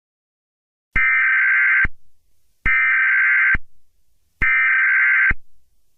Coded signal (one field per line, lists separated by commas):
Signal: Emergency Alert System (SAME) tones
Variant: header bursts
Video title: EAS scenario: Monika